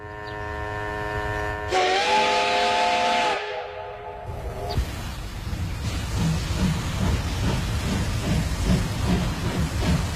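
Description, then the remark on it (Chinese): A steam train whistle sounds in two long, steady tones, shifting pitch partway through, then gives way to a loud, continuous rumbling clatter of textile machinery with a rapid mechanical rhythm, evoking industrial-revolution Europe of the 1830s–40s. “19世纪30-40年代的欧洲，工业革命带动资本主义社会高歌猛进，纺织机器和蒸汽火车轰隆作响，日复一日把经济带向一个又一个高点。”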